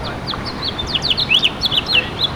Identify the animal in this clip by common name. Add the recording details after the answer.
House Finch. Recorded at Bay Shore on Long Island, New York, on 29 May 2013. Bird G